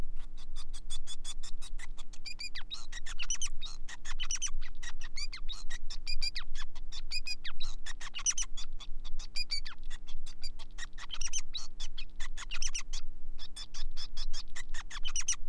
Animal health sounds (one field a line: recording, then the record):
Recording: song of a male Bengalese finch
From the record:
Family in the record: son of father 5